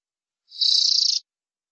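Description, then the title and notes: Canary song, a single buzzy high trill lasting under a second, rapid and even, with silence around it. "BM Suara Kenari. BM Suara Burung Kenari"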